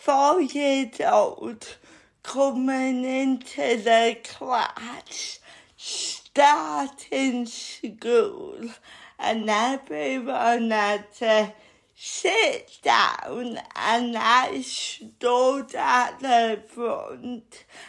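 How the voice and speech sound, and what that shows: An adult woman with cerebral palsy speaks slowly, with drawn-out vowels and consonants, creaky breaks, and pauses between short phrases; articulation is effortful but words stay understandable. This slow, stretched speech is dysarthria from cerebral palsy.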